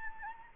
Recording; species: mosquito wingbeat signal from an infrared sensor; Anopheles gambiae